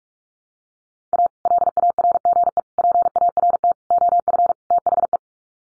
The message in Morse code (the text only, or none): A LARGE PART OF THE